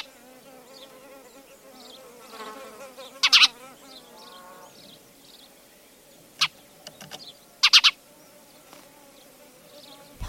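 Spanish sparrow calls: a harsh doubled chirp, a single sharp note, then a quick triple chirp, amid soft chattering twitters and a buzzing drone.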